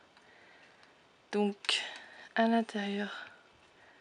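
A small plastic tab on the glider accessory of a Barbie fashion doll is being pushed by hand toward the socket hole made for it. Faint ticks are heard at about 0.2 s and 0.8 s, then someone talks. The tab has not clipped in yet, and nothing has seated by the end.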